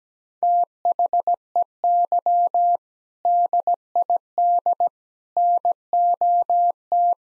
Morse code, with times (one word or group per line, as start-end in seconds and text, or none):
0.4-2.8 THEY
3.2-4.9 DID
5.4-7.1 NOT